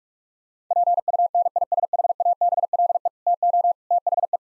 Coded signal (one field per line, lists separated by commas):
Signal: Morse code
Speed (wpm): 46 wpm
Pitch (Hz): 700 Hz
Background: none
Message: PUNISHABLE TO THE